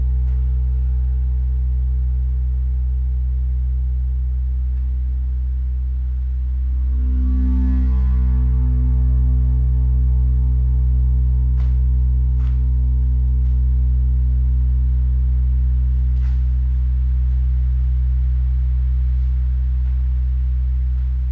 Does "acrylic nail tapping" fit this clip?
no